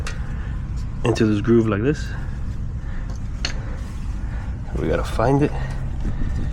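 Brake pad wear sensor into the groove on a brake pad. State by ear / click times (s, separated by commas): not seated / none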